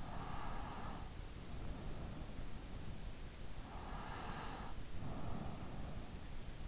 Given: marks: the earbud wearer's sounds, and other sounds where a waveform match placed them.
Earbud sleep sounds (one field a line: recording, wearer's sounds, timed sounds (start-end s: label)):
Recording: sounds in sleep by an in-ear microphone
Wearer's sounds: breath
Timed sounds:
0.03-2.64 s: breath
3.66-6.35 s: breath